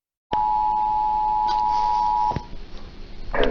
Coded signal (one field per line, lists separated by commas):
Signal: Emergency Alert System (SAME) tones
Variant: 853 and 960 Hz attention tone